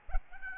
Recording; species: mosquito wingbeat signal from an infrared sensor; Aedes albopictus